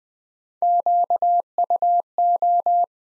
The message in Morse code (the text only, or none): QUO